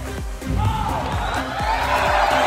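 A crowd applauds and cheers loudly and steadily, with rising whoops and shouts carried over a dense wash of clapping.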